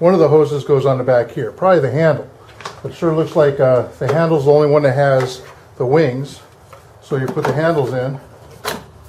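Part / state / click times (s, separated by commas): spray handle into storage holder on pressure washer body / not seated / none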